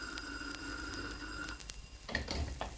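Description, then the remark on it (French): A telephone rings with a steady, high electronic tone punctuated by sharp clicks, then gives way after about two seconds to louder, scraping rustles and knocks. “Vous pouvez laisser le téléphone tranquille.”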